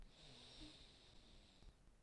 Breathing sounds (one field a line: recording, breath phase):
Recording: one breath near a microphone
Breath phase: inhalation